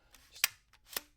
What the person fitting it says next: Clicks into place, just as you would want it to.